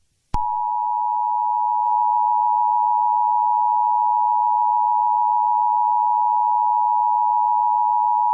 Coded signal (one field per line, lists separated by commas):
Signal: Emergency Alert System (SAME) tones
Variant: 853 and 960 Hz attention tone